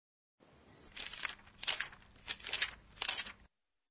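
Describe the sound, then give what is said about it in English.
Book pages being turned: a series of four or five crisp, papery rustles and swishes in irregular succession, fairly soft, with no voices. “All right, I would have to say that that sounds like turning the pages of a book.”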